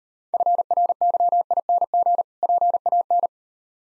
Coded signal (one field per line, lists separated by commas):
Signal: Morse code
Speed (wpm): 38 wpm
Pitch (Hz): 700 Hz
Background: none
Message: FRYING PAN